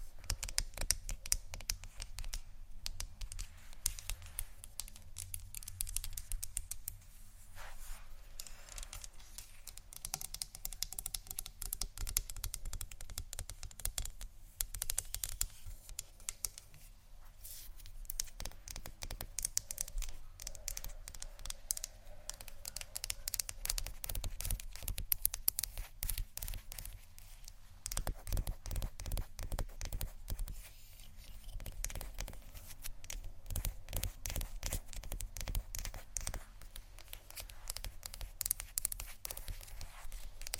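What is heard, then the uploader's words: ASMR scratching and tapping: dense, rapid, dry clicks and scrapes continue throughout, uneven in rhythm, with brighter bursts around fifteen and twenty-five seconds. ASMR Scratch & Tap For Your Nap（No Talking）.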